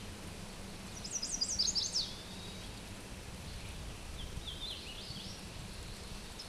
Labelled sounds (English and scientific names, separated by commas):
Hooded Warbler (Setophaga citrina) song